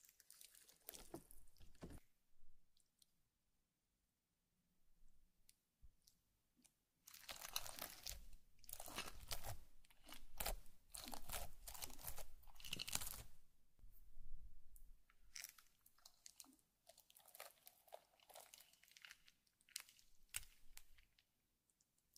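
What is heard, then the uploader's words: Slime being squished and crackled in bursts of dense crinkly clicks, busiest between seven and thirteen seconds, with quieter pauses between handfuls. Slime Sounds & Ear Eating.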